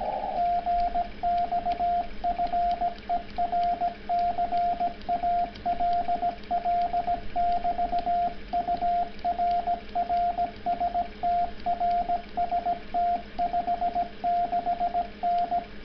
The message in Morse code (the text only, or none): GXFER CALL <BT> UR RST RST 56N